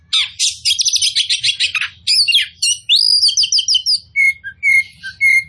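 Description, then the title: Oriental magpie-robin song: fast buzzy trilled phrases at first, then clear sweeping whistles and short repeated whistled notes, continuous and loud over a faint low hum. Described as in full, vigorous song. "Kacer Poci"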